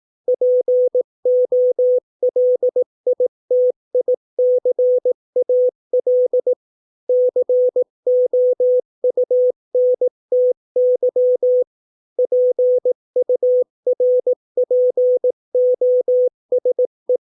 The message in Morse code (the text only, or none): POLITICAL COUNTY PURPOSE